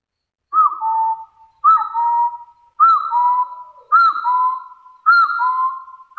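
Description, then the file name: Hill partridge whistled calls, each a bright arched note falling into a lower drawn-out whistle, repeated about once a second. "Tieng ga so nui"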